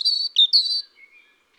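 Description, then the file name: Brief European robin fragment: sustained, thin, high whistles, one after another, fading into a softer, lower trailing note. "Rougegorge familier"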